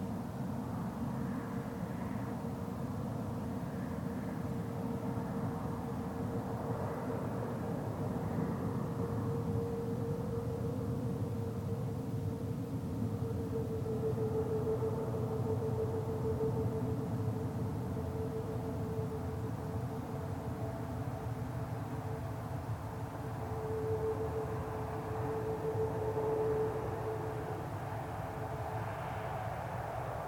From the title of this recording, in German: Wiese am Abend, leichter Wind, Straße in der Ferne